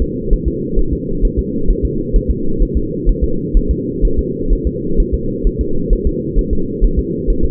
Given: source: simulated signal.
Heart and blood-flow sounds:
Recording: fetal heart sounds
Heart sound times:
0.02 s: S2
0.33 s: S1
0.48 s: S2
0.79 s: S1
0.93 s: S2
1.25 s: S1
1.39 s: S2
1.70 s: S1
1.85 s: S2
2.16 s: S1
2.30 s: S2
2.62 s: S1
2.77 s: S2
3.09 s: S1
3.24 s: S2
3.57 s: S1
3.71 s: S2
4.05 s: S1
4.19 s: S2
4.53 s: S1
4.67 s: S2
5.00 s: S1
5.14 s: S2
5.47 s: S1
5.61 s: S2
5.93 s: S1
6.07 s: S2
6.39 s: S1
6.53 s: S2
6.84 s: S1
6.99 s: S2
7.30 s: S1
7.45 s: S2
From the record:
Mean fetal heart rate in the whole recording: 130 bpm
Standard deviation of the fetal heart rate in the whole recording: 4 bpm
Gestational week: 38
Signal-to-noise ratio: -8.1 dB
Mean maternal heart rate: 72 bpm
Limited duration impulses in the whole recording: absent

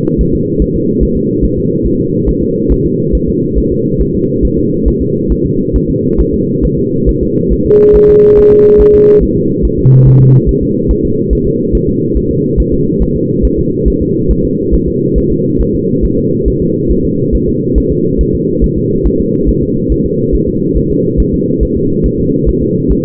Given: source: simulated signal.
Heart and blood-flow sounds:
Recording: fetal heart sounds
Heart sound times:
0.21 s: S1
0.35 s: S2
0.62 s: S1
0.76 s: S2
1.03 s: S1
1.17 s: S2
1.44 s: S1
1.58 s: S2
1.86 s: S1
2.00 s: S2
2.29 s: S1
2.43 s: S2
2.72 s: S1
2.86 s: S2
3.15 s: S1
3.29 s: S2
3.58 s: S1
3.72 s: S2
4.01 s: S1
4.15 s: S2
4.45 s: S1
4.58 s: S2
4.88 s: S1
5.02 s: S2
5.32 s: S1
5.46 s: S2
5.76 s: S1
5.90 s: S2
6.20 s: S1
6.34 s: S2
6.65 s: S1
6.79 s: S2
7.09 s: S1
7.23 s: S2
7.53 s: S1
7.66 s: S2
7.96 s: S1
8.10 s: S2
8.38 s: S1
8.52 s: S2
8.81 s: S1
8.95 s: S2
9.23 s: S1
9.37 s: S2
9.65 s: S1
9.79 s: S2
10.07 s: S1
10.21 s: S2
10.49 s: S1
10.63 s: S2
10.91 s: S1
11.05 s: S2
11.33 s: S1
11.47 s: S2
11.75 s: S1
11.89 s: S2
12.17 s: S1
12.31 s: S2
12.60 s: S1
12.74 s: S2
13.02 s: S1
13.16 s: S2
13.45 s: S1
13.59 s: S2
13.88 s: S1
14.02 s: S2
14.31 s: S1
14.45 s: S2
14.74 s: S1
14.88 s: S2
15.18 s: S1
15.32 s: S2
15.61 s: S1
15.75 s: S2
16.05 s: S1
16.18 s: S2
16.48 s: S1
16.62 s: S2
16.91 s: S1
17.05 s: S2
17.35 s: S1
17.49 s: S2
17.78 s: S1
17.92 s: S2
18.21 s: S1
18.35 s: S2
18.64 s: S1
18.78 s: S2
19.07 s: S1
19.20 s: S2
19.49 s: S1
19.63 s: S2
19.92 s: S1
20.06 s: S2
20.35 s: S1
20.48 s: S2
20.77 s: S1
20.91 s: S2
21.20 s: S1
21.34 s: S2
21.63 s: S1
21.77 s: S2
22.06 s: S1
22.20 s: S2
22.49 s: S1
22.63 s: S2
22.92 s: S1
From the record:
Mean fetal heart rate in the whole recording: 140 bpm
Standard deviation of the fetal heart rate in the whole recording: 2 bpm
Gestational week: 34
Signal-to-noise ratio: -11.2 dB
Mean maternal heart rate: 72 bpm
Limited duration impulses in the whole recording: present

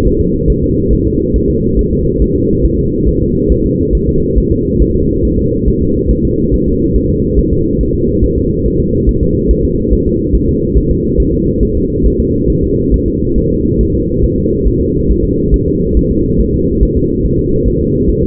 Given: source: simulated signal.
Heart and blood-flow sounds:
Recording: fetal heart sounds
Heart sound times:
0.07 s: S1
0.21 s: S2
0.50 s: S1
0.64 s: S2
0.93 s: S1
1.07 s: S2
1.36 s: S1
1.50 s: S2
1.79 s: S1
1.93 s: S2
2.22 s: S1
2.36 s: S2
2.65 s: S1
2.79 s: S2
3.09 s: S1
3.22 s: S2
3.52 s: S1
3.66 s: S2
3.95 s: S1
4.09 s: S2
4.38 s: S1
4.52 s: S2
4.82 s: S1
4.96 s: S2
5.25 s: S1
5.39 s: S2
5.68 s: S1
5.82 s: S2
6.11 s: S1
6.25 s: S2
6.54 s: S1
6.68 s: S2
6.96 s: S1
7.10 s: S2
7.39 s: S1
7.53 s: S2
7.81 s: S1
7.95 s: S2
8.24 s: S1
8.38 s: S2
8.66 s: S1
8.80 s: S2
9.09 s: S1
9.23 s: S2
9.51 s: S1
9.65 s: S2
9.93 s: S1
10.07 s: S2
10.35 s: S1
10.49 s: S2
10.77 s: S1
10.91 s: S2
11.20 s: S1
11.34 s: S2
11.63 s: S1
11.77 s: S2
12.06 s: S1
12.20 s: S2
12.50 s: S1
12.64 s: S2
12.94 s: S1
13.08 s: S2
13.38 s: S1
13.52 s: S2
13.81 s: S1
13.95 s: S2
14.24 s: S1
14.38 s: S2
14.68 s: S1
14.81 s: S2
15.11 s: S1
15.25 s: S2
15.54 s: S1
15.68 s: S2
15.97 s: S1
16.11 s: S2
16.40 s: S1
16.54 s: S2
16.83 s: S1
16.97 s: S2
17.26 s: S1
17.40 s: S2
17.68 s: S1
17.82 s: S2
18.09 s: S1
18.23 s: S2
From the record:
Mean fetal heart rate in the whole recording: 140 bpm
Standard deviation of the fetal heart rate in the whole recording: 2 bpm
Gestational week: 34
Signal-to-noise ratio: -10.2 dB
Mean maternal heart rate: 72 bpm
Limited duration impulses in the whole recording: present

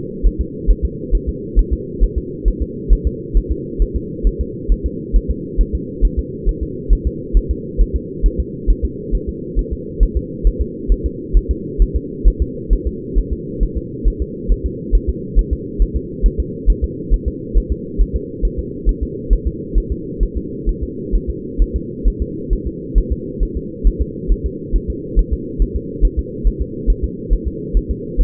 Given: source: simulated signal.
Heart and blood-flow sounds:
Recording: fetal heart sounds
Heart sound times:
0.27 s: S1
0.41 s: S2
0.70 s: S1
0.85 s: S2
1.15 s: S1
1.29 s: S2
1.59 s: S1
1.73 s: S2
2.04 s: S1
2.18 s: S2
2.48 s: S1
2.62 s: S2
2.93 s: S1
3.07 s: S2
3.37 s: S1
3.52 s: S2
3.82 s: S1
3.96 s: S2
4.27 s: S1
4.41 s: S2
4.72 s: S1
4.86 s: S2
5.16 s: S1
5.31 s: S2
5.61 s: S1
5.75 s: S2
6.05 s: S1
6.19 s: S2
6.49 s: S1
6.63 s: S2
6.93 s: S1
7.07 s: S2
7.37 s: S1
7.51 s: S2
7.81 s: S1
7.96 s: S2
8.26 s: S1
8.40 s: S2
8.70 s: S1
8.85 s: S2
9.15 s: S1
9.29 s: S2
9.59 s: S1
9.73 s: S2
10.03 s: S1
10.17 s: S2
10.47 s: S1
10.61 s: S2
10.92 s: S1
11.06 s: S2
11.37 s: S1
11.51 s: S2
11.82 s: S1
11.96 s: S2
12.28 s: S1
12.42 s: S2
12.73 s: S1
12.87 s: S2
13.18 s: S1
13.33 s: S2
13.63 s: S1
13.77 s: S2
14.08 s: S1
14.22 s: S2
14.52 s: S1
14.66 s: S2
14.95 s: S1
15.09 s: S2
15.39 s: S1
15.53 s: S2
15.82 s: S1
15.96 s: S2
16.26 s: S1
16.40 s: S2
16.70 s: S1
16.84 s: S2
17.14 s: S1
17.28 s: S2
17.58 s: S1
17.72 s: S2
18.01 s: S1
18.16 s: S2
18.45 s: S1
18.59 s: S2
18.89 s: S1
19.03 s: S2
19.33 s: S1
19.47 s: S2
19.78 s: S1
19.92 s: S2
20.23 s: S1
20.37 s: S2
20.69 s: S1
20.83 s: S2
21.15 s: S1
21.30 s: S2
21.62 s: S1
21.76 s: S2
22.08 s: S1
22.22 s: S2
22.53 s: S1
22.67 s: S2
22.98 s: S1
23.12 s: S2
23.43 s: S1
23.57 s: S2
23.87 s: S1
24.02 s: S2
24.32 s: S1
24.46 s: S2
24.76 s: S1
24.90 s: S2
25.19 s: S1
25.33 s: S2
25.62 s: S1
25.76 s: S2
26.05 s: S1
26.19 s: S2
26.47 s: S1
26.62 s: S2
26.90 s: S1
27.04 s: S2
27.33 s: S1
27.48 s: S2
27.77 s: S1
27.91 s: S2
28.21 s: S1
From the record:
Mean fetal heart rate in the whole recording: 135 bpm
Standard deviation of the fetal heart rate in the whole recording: 3 bpm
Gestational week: 36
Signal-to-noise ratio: -4.1 dB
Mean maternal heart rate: no maternal heart sound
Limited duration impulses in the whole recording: absent

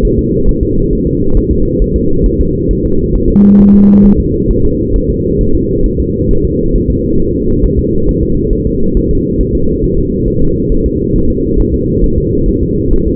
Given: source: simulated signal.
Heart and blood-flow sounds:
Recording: fetal heart sounds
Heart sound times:
0.05 s: S1
0.19 s: S2
0.49 s: S1
0.63 s: S2
0.93 s: S1
1.07 s: S2
1.37 s: S1
1.52 s: S2
1.82 s: S1
1.96 s: S2
2.26 s: S1
2.41 s: S2
2.71 s: S1
2.85 s: S2
3.16 s: S1
3.30 s: S2
3.60 s: S1
3.75 s: S2
4.06 s: S1
4.20 s: S2
4.51 s: S1
4.65 s: S2
4.96 s: S1
5.10 s: S2
5.41 s: S1
5.55 s: S2
5.86 s: S1
6.00 s: S2
6.31 s: S1
6.45 s: S2
6.75 s: S1
6.90 s: S2
7.20 s: S1
7.34 s: S2
7.64 s: S1
7.79 s: S2
8.09 s: S1
8.23 s: S2
8.53 s: S1
8.67 s: S2
8.97 s: S1
9.11 s: S2
9.41 s: S1
9.55 s: S2
9.84 s: S1
9.99 s: S2
10.28 s: S1
10.42 s: S2
10.72 s: S1
10.86 s: S2
11.16 s: S1
11.30 s: S2
11.60 s: S1
11.74 s: S2
12.04 s: S1
12.18 s: S2
12.49 s: S1
12.63 s: S2
12.93 s: S1
13.08 s: S2
From the record:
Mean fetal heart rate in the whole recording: 135 bpm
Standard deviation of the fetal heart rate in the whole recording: 3 bpm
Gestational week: 36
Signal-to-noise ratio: -16.4 dB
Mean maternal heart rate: 72 bpm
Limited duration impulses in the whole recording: present

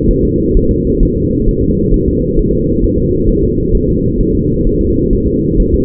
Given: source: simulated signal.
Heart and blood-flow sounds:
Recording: fetal heart sounds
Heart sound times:
0.11 s: S1
0.25 s: S2
0.57 s: S1
0.71 s: S2
1.03 s: S1
1.17 s: S2
1.48 s: S1
1.62 s: S2
1.94 s: S1
2.08 s: S2
2.39 s: S1
2.53 s: S2
2.84 s: S1
2.98 s: S2
3.29 s: S1
3.44 s: S2
3.75 s: S1
3.89 s: S2
4.21 s: S1
4.35 s: S2
4.67 s: S1
4.81 s: S2
5.13 s: S1
5.27 s: S2
5.60 s: S1
5.74 s: S2
From the record:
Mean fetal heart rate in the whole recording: 130 bpm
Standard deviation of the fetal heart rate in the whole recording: 4 bpm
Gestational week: 38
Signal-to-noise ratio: -10.2 dB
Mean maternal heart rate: 72 bpm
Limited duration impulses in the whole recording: present

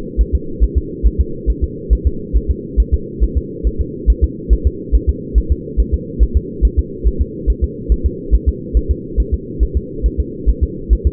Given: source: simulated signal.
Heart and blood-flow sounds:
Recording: fetal heart sounds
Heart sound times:
0.21 s: S1
0.35 s: S2
0.64 s: S1
0.78 s: S2
1.06 s: S1
1.21 s: S2
1.50 s: S1
1.64 s: S2
1.93 s: S1
2.07 s: S2
2.37 s: S1
2.50 s: S2
2.80 s: S1
2.94 s: S2
3.24 s: S1
3.38 s: S2
3.67 s: S1
3.81 s: S2
4.10 s: S1
4.24 s: S2
4.53 s: S1
4.67 s: S2
4.95 s: S1
5.09 s: S2
5.38 s: S1
5.52 s: S2
5.80 s: S1
5.94 s: S2
6.23 s: S1
6.37 s: S2
6.65 s: S1
6.79 s: S2
7.08 s: S1
7.21 s: S2
7.50 s: S1
7.64 s: S2
7.92 s: S1
8.06 s: S2
8.35 s: S1
8.49 s: S2
8.77 s: S1
8.91 s: S2
9.20 s: S1
9.34 s: S2
9.63 s: S1
9.77 s: S2
10.06 s: S1
10.20 s: S2
10.50 s: S1
10.63 s: S2
10.93 s: S1
11.07 s: S2
From the record:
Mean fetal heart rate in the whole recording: 140 bpm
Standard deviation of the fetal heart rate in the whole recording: 2 bpm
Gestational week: 34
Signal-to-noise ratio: -4.3 dB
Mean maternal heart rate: 72 bpm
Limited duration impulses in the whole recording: absent

